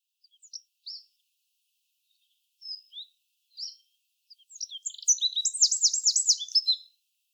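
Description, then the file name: Eurasian wren singing: a few separate high, sharp chips, then a rapid, energetic outpouring of high notes ending in a fast, even trill. "Troglodytes troglodytes"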